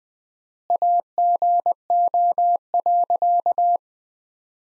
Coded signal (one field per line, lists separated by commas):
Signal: Morse code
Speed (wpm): 20 wpm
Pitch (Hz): 700 Hz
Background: none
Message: AGO.